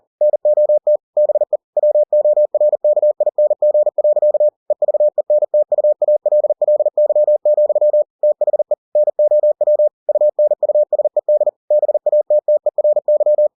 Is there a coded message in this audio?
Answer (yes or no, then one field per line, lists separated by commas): yes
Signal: Morse code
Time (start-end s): 0.2-13.5 s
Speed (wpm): 40 wpm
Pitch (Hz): 600 Hz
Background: none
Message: NOT BE WORKING. EVENTUALLY, THE NOW UNUSED BATTERY